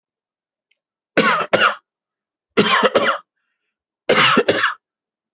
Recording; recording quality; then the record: shallow voluntary cough; excellent, no background noise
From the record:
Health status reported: healthy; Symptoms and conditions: hypertension, diabetes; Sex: male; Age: 57 years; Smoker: not ticked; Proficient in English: yes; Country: India